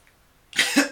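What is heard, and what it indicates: After a brief quiet stretch, one abrupt adult cough breaks out, harsh and breathy with a short voiced tail. It is a single ordinary cough during conversation, with no wheeze or repeated bouts.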